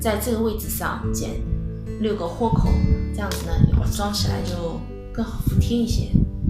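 A plastic rice-bag carry handle is handled against the notched fabric rim of a handmade tote, to be snapped on without glue, while someone talks over background guitar music. The handle has not snapped on or seated yet by the end of the clip.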